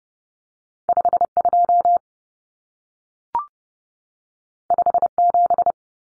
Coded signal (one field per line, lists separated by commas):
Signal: Morse code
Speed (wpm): 30 wpm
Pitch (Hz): 700 Hz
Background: none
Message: 52 57